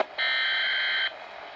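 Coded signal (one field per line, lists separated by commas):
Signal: Emergency Alert System (SAME) tones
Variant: header bursts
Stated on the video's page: Tones self-activated on a NOAA Weather Radio, played from an iPod 4G or older through a 3.5 mm headphone-to-AUX cable.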